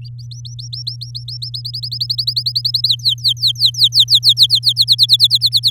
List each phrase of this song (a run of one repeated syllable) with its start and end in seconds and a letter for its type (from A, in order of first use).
0.02-1.50 A, 1.54-2.88 B, 2.88-4.73 C, 4.76-5.70 D